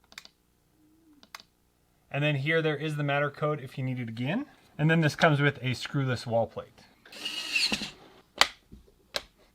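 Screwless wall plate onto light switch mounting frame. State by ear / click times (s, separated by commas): seated / 8.4 s, 9.2 s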